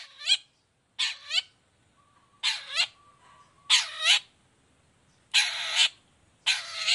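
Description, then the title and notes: Long-tailed shrike giving loud grating, cat-like notes with swooping undertones, six in all, about a second apart; a faint steady tone runs between two of them. Morning; vigorous 'gacor' singing with a clear voice, full variation and 'toet toet' notes, said to be very easy for any kind of cendet to imitate. "Cendet Gacor Dor Di Kala Pagi Toet Toet Variasi Suara. Cendet Gacor Suara Jernih Full Variasi. Burung cendet"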